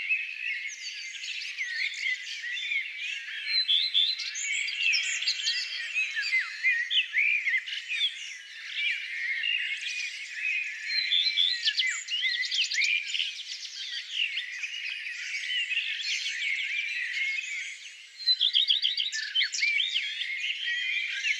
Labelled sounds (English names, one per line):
Common Redstart song